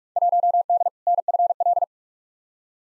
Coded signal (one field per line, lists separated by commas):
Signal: Morse code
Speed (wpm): 46 wpm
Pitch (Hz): 700 Hz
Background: none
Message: 1D NFL